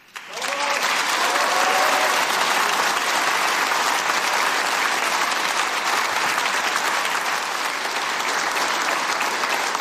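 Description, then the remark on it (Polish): A concert audience warmly greets the artist arriving on stage, breaking into loud, sustained applause that begins abruptly and holds steady as a dense wash of clapping, with a few faint voices and cheers mixed in early on. “I kiedy wybrzmiały już ostatnie akordy utworu zarejestrowanego 40 lat wcześniej, na scenie pojawił się sam artysta. Gorąco powitany, rozpoczął od kolejnej wiosennej piosenki.”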